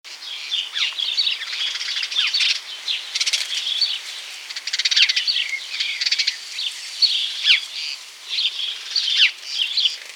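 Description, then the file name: House sparrows chirping in a busy chorus, many short overlapping chirps and cheeps crowding together without pause throughout. "Passer domesticus"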